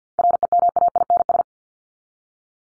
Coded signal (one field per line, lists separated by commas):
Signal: Morse code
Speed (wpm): 50 wpm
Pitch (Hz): 700 Hz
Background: none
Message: REMAINS